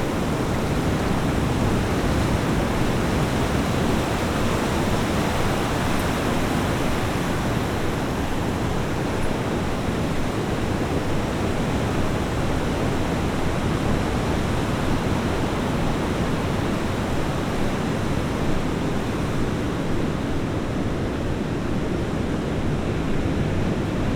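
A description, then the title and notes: Ocean surf forms a steady, unbroken wash of rushing water that stays at an even level for the whole stretch. The sound is dense and full, heavier in the low rumble than in the hiss above, with no separate wave breaks or other sounds standing out. Gentle Ocean Surf.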